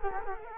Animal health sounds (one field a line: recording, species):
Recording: mosquito wingbeat signal from an infrared sensor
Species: Culex quinquefasciatus